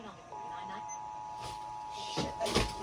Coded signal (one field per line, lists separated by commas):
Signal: Emergency Alert System (SAME) tones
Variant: 853 and 960 Hz attention tone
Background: speech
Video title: EAS 3608-3611: KDKA EAS Test + Usual Relays & Shenanigans